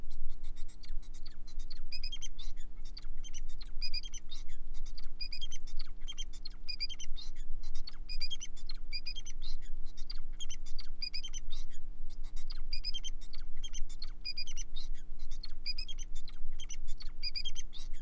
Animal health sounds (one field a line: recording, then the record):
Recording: song of a male Bengalese finch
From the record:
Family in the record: son of father 4